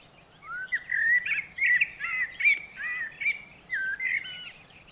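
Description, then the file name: Eurasian blackbird song, a continuous run of rich, fluty warbled whistles rising and falling, with occasional thin high twittering notes mixed in. "Turdus merula"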